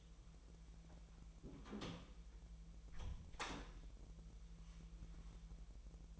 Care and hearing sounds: daily activity, microphone in the room; close door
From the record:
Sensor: 1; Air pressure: 1001.3 hPa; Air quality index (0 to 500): 249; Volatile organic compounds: 142 ppm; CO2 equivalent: 3984 ppm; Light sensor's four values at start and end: 13/31/13/14 and 13/30/12/14

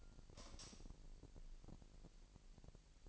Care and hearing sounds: daily activity, microphone in the room; light off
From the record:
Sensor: 5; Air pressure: 1002.0 hPa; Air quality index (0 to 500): 239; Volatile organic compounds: 39 ppm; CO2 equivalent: 3129 ppm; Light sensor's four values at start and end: 17/39/16/17 and 16/38/15/17

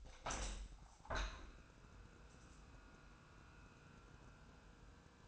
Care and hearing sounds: daily activity, microphone in the room; open window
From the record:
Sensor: 2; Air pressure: 1000.3 hPa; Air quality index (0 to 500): 150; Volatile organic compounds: 2 ppm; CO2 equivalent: 1244 ppm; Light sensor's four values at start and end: 11/30/11/13 and 11/31/12/14

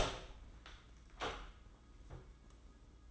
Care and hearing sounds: daily activity, microphone in the room; open door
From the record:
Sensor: 3

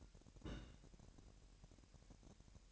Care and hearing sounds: daily activity, microphone in the room; place on stove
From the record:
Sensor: 2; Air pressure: 1011.9 hPa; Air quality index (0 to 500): 193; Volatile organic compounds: 3 ppm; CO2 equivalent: 1372 ppm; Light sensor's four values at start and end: 70/165/67/64 and 70/165/67/64

